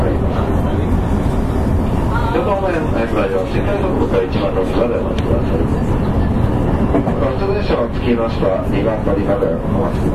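Steady running noise inside a JR West 223 series train, a dense low rumble that holds an even level for the whole stretch. Voices murmur through it, with clearer talking around two to four seconds and again near eight seconds.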